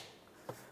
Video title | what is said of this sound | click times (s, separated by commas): How To Replace Windshield Washer Nozzle 2003-2011 Mercury Grand Marquis | listen for a click and give it a tug to make sure it's completely secured | 0.5 s